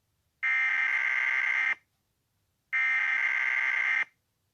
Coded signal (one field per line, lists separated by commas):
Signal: Emergency Alert System (SAME) tones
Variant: header bursts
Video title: EAS Scenario: The End of Miami.